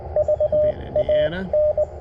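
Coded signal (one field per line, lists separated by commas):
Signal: Morse code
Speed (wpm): 22 wpm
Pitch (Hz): 600 Hz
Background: radio noise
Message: VAN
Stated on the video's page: CW park activation (POTA) with an FX-4CR transceiver, TPIII key, and a Sporty Forty coil with 213-inch whip.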